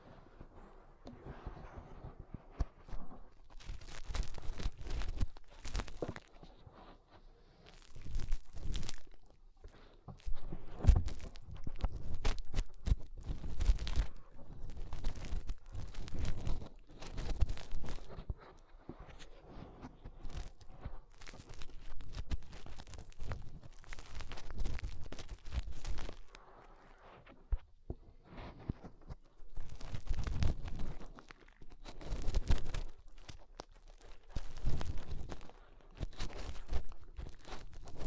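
Fingers rub and scrape inside an ear in dense, irregular bursts of crackling, muffled rustle with low thumps, pausing briefly every few seconds.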